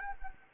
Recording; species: mosquito wingbeat signal from an infrared sensor; Anopheles arabiensis